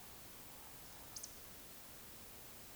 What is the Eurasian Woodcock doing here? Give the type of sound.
whistle, croak